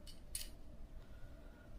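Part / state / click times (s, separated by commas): two-piece nut half onto shotgun / seated / 0.4 s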